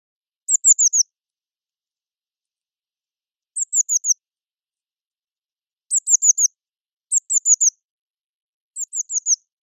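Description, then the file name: Eurasian blue tit call: short groups of about four very high, descending notes, repeated five times with pauses between. "Cyanistes caeruleus"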